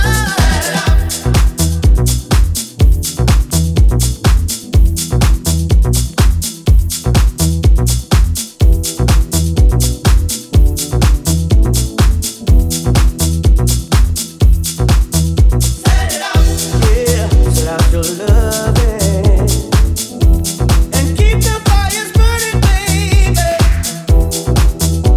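A house track runs on a steady, fast four-on-the-floor beat with crisp hi-hats and a pulsing, repeating bassline that stays dense and loud throughout. Around sixteen seconds, a brighter wavering melodic line enters over the groove and continues to the end.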